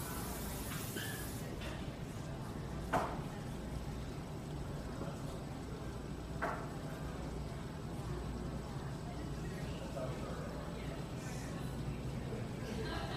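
Coffeehouse ambience: a steady, dense murmur of voices and low rumble runs throughout. Brief sharp clinks of dishes stand out near three and six and a half seconds, with lighter clatters scattered elsewhere, and a faint high whine lingers in the background.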